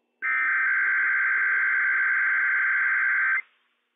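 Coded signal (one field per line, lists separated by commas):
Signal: Emergency Alert System (SAME) tones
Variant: header bursts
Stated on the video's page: Required Weekly Test issued by civil authorities for the Inland Northwest, weather radio station WWF56.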